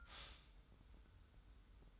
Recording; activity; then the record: daily activity, microphone in the room; stop toaster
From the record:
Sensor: 3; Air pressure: 990.7 hPa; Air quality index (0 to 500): 157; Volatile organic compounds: 707 ppm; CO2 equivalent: 5048 ppm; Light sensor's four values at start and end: 36/85/34/32 and 36/86/34/32